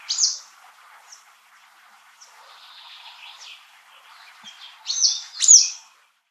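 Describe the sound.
Bird calls: a short bright chirp at the start, faint scattered twitters, then a cluster of sharp, high, strident notes near the end.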